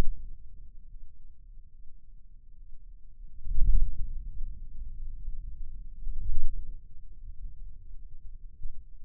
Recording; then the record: forearm muscle sounds (acoustic myography)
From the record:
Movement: wrist flexion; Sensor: system 2, bracelet of six BSWA MPA416 microphones around the upper forearm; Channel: 6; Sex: male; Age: 22 years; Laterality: right